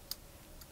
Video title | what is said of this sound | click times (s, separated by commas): EOS-M to Minolta MD adapter review and comparison. Marc Griffith #4 | and then it locks in place okay this one's | 0.1 s